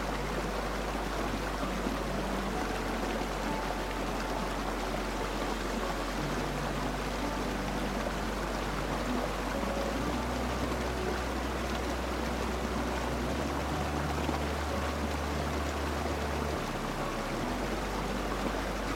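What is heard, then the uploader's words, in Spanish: A waterfall rushes in a dense, steady wash that stays level from start to finish. Beneath it, soft music holds long low tones that shift every few seconds, with faint melodic notes drifting above the water's roar. Sumérgete en los sonidos pacíficos de una cascada, acompañados de una música suave para dormir diseñada para favorecer un sueño reparador.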